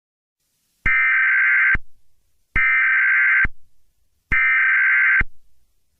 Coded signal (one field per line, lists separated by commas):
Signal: Emergency Alert System (SAME) tones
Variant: header bursts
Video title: EAS Scenario - Skin Walker Part One